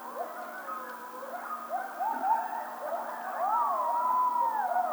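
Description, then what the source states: Coyotes howling and yipping together, short rising yelps building into overlapping quavering wails that grow louder toward the end, with a faint steady hum beneath. Howling, recorded on 16 March 2007.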